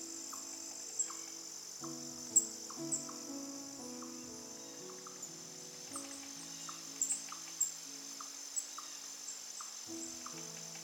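Soft birdsong with brief chirps every second or so over a gentle, sustained low melody, beneath a steady high insect-like hiss.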